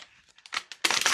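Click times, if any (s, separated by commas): none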